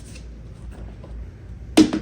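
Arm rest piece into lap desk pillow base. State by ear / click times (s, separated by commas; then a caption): seated / 1.8 s. An arm rest piece is pushed into a lap desk pillow base, with quiet background rustling before a sharp click at 1.8 s, followed by a smaller snap at about 1.9 s. The arm rest seats into the base.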